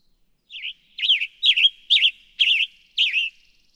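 Western tanager song: six hoarse, slurred up-and-down phrases about half a second apart, on a quiet background.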